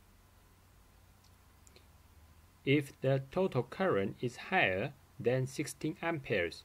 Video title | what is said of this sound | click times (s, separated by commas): آموزش نصب و راه اندازی مبدل برق باطری به شهر Mean Well | You will hear a click sound in case the plug is pushing in correctly. | 1.7 s, 1.8 s